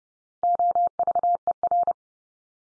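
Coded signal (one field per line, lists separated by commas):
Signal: Morse code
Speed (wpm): 30 wpm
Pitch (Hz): 700 Hz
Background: none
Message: OVER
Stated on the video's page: Morse practice drill of the 100 most common English words at 30 wpm, each sent three times, spoken, then sent again.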